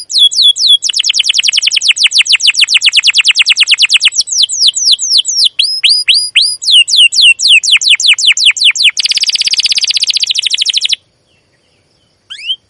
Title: CUIT CUIT NGEROL LANGSUNG GACOR PANJANG Kenari Ini AMPUH Utk Pancingan KENAR. PANCINGAN Kenari GACOR PANJANG Cuit CUIT EMOSI ini AMPUH utk MASTERAN Kenari PAUD belajar BUNYI